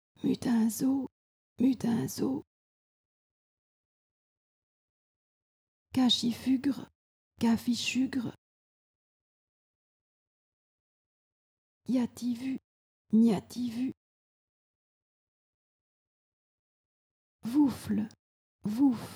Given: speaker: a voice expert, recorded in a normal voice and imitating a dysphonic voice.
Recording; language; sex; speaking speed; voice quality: pseudo-word pairs; French; female; normal speed; dysphonic voice